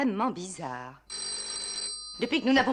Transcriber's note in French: On sonne à la porte